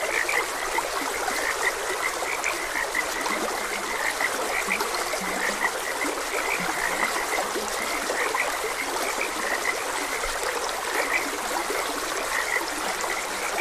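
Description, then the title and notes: Frogs croaking in a steady chorus, short repeated notes and a few low croaks, over the constant rush of a flowing stream. Frogs croaking beside a gentle stream. "Gentle Stream and Frogs Croaking. Sleep and Relaxation Podcast"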